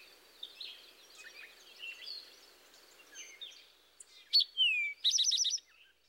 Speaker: A common representation is drink your tea. Here's the rufous-sided towhee one more time.